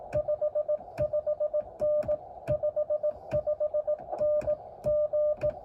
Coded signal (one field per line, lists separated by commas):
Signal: Morse code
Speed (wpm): 18 wpm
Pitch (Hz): 590 Hz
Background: music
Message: 55N 55N G